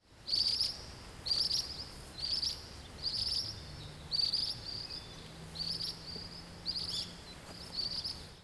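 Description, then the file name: Ashy minivet song, a high, metallic trilled phrase repeated about once a second over a low steady hum. "sansyoukui"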